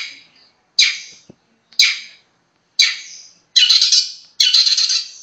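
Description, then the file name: Long-tailed shrike giving harsh, raspy squawks about once a second, the last two longer and more grating. Master song for training songbirds. "cendet master. omkicau"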